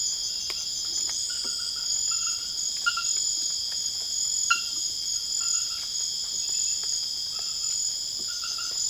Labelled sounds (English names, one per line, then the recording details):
none
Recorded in secondary vegetation near Puerto Asís, Putumayo, Colombia, on 12 March 2025 at 02:00
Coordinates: 0.488, -76.319
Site G095